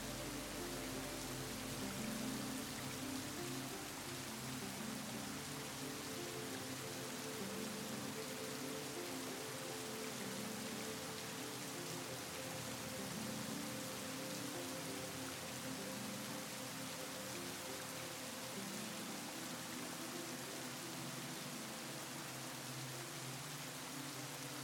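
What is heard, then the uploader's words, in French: Steady, dense rain hisses evenly across the whole clip, with soft low tones drifting gently underneath and a constant loudness throughout. Mélange Parfait de PLUIE et de MUSIQUE pour un SOMMEIL Profond. Sons de pluie naturelle et de douces mélodies musicales.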